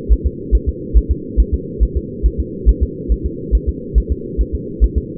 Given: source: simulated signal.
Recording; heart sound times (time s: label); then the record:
fetal heart sounds
0.12 s: S1
0.26 s: S2
0.55 s: S1
0.69 s: S2
0.97 s: S1
1.11 s: S2
1.40 s: S1
1.54 s: S2
1.83 s: S1
1.97 s: S2
2.26 s: S1
2.40 s: S2
2.69 s: S1
2.83 s: S2
3.12 s: S1
3.26 s: S2
3.55 s: S1
3.69 s: S2
3.98 s: S1
4.12 s: S2
4.41 s: S1
4.55 s: S2
4.84 s: S1
4.98 s: S2
From the record:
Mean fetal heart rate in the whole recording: 140 bpm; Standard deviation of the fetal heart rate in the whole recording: 2 bpm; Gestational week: 34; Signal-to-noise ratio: -4.1 dB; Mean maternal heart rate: no maternal heart sound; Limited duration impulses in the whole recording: absent